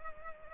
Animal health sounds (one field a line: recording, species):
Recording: mosquito wingbeat signal from an infrared sensor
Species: Culex pipiens